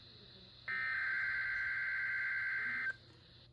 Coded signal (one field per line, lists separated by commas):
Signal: Emergency Alert System (SAME) tones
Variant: header bursts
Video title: WINTER... FLOODS?? EAS Alerts from December 14th-23rd, 2022 (EAS #225-239)